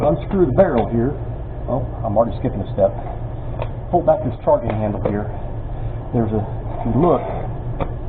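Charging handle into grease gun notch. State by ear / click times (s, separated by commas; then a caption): seated / 7.8 s. A man talks while pulling back the metal charging handle (plunger rod) of an old-style grease gun. At 7.8 s a short, sharp metallic click is heard as the handle drops into its notch and locks in place.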